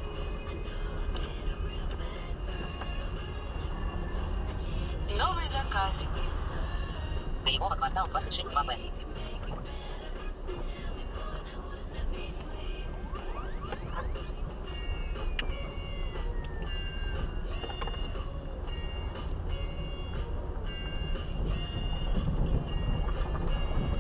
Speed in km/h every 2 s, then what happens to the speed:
11, 11, 12, 13, 8, 5, 3, 3, 7, 12, 13, 12.
0-6 steady at about 11. 6-9 slows to 5. 13-19 speeds up to 13.